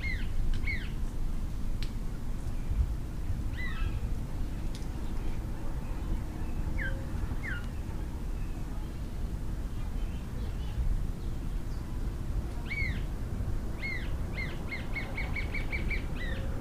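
Green-tailed jacamar calls: scattered sharp, thin high notes, then a fast series of repeated peeps near the end, with steady low rumbling throughout.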